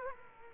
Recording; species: mosquito wingbeat signal from an infrared sensor; Culex quinquefasciatus